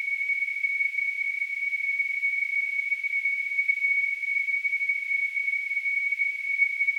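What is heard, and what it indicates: Simulated tinnitus: a steady, continuous high-pitched tonal whistle at about 2 kHz, with a faint surrounding hiss and no low-frequency content, unchanging throughout.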